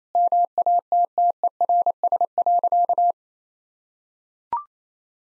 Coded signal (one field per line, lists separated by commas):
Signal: Morse code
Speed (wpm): 28 wpm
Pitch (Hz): 700 Hz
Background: none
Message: MATTERS.